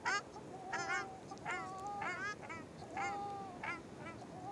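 Ruddy shelduck giving nasal, goose-like honks, some short and arched, others drawn out into level tones, over steady background noise.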